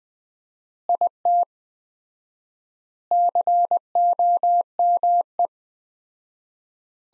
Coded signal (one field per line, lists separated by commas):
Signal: Morse code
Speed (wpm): 20 wpm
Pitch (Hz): 700 Hz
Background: none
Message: IT COME